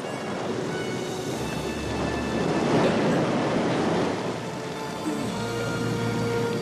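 A storm at sea roars steadily, waves crashing and churning under wind-driven spray, swelling louder midway before settling back into a dense, continuous rush with no voices; the storm faced by the disciples in a dramatization of the Gospel of Matthew, chapter 8.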